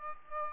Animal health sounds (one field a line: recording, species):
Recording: mosquito wingbeat signal from an infrared sensor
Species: Aedes aegypti